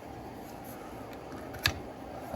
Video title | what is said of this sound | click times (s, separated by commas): Cleaning the cotton candy machine: Gold Medal with EZKleen head | put it on and this time we're going counterclockwise until it locks into place | 1.7 s